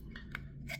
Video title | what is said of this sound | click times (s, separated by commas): Tips and Tricks: Custom Fusebox Assembly | It actually just made that click a little bit and it came out, so that tells me it didn't fully seat. | 0.3 s